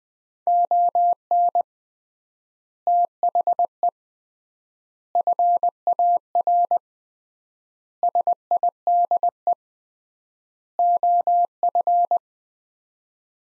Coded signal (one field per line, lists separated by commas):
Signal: Morse code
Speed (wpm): 20 wpm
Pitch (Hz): 700 Hz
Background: none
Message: ON THE FAR SIDE OF